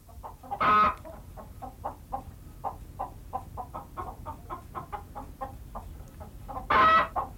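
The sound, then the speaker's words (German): A hen named Julchen cackles after laying an egg: a steady run of short, rapid clucks, bracketed by two loud, harsh squawks near the beginning and the end, with no voices. “Wie man einen Huhn Julchen nennen kann.”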